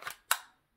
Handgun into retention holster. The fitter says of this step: you go so it clicked in there's a security button right here and you just push on that and pull the firearm right out